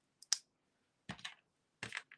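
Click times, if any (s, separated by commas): 0.3 s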